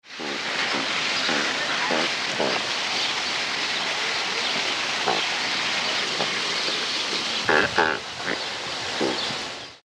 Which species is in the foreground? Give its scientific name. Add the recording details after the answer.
Pelecanus erythrorhynchos. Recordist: Tembrock, Günter. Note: Paar: Lautfolgen